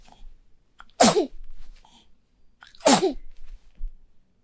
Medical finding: Baby sneeze.